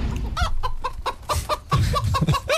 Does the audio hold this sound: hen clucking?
yes